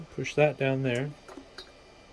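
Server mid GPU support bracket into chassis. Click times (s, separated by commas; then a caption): 1.6 s. A plastic mid GPU support bracket is pushed down into a Dell PowerEdge R720 server chassis over a Tesla K80 GPU while someone talks. A short click at 1.6 s marks the bracket snapping into place.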